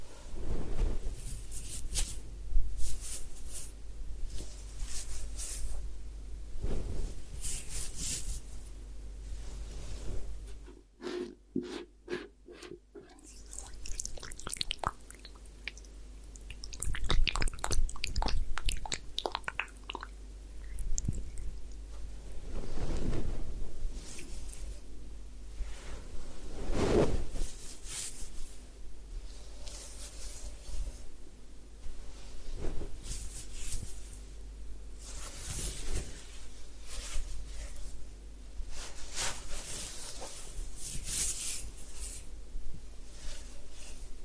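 A head spa session with hair washing and massage: dense, shifting rustling and scrubbing fill the clip, with bright crackling bursts and frequent soft taps. Around 11 to 13 seconds a rapid run of sharp clicks breaks through, then the steady rubbing resumes.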